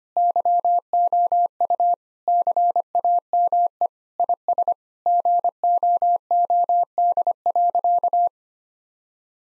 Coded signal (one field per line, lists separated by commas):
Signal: Morse code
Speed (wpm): 25 wpm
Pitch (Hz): 700 Hz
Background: none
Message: YOU CAME IS GOOD.